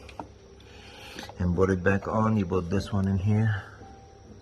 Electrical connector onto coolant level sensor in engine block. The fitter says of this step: hear that click,